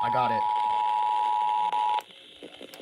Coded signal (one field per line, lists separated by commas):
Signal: Emergency Alert System (SAME) tones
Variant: 853 and 960 Hz attention tone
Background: speech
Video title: FFW AGAIN | Flash Flood Warning for parts of NJ & PA on KHB38 & WLRB-FM (EAS #171-#172)